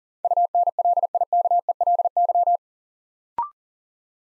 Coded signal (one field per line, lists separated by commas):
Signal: Morse code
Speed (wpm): 38 wpm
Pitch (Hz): 700 Hz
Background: none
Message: UNLIKELY